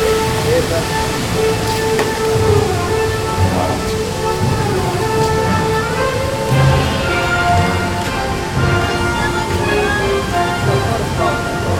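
A theme park's crowd noise fills the clip, a dense, steady wash of overlapping voices and chatter with no pauses. Steady tones sit throughout, likely rides or music playing, while brief clicks and knocks land around two, six and eight seconds.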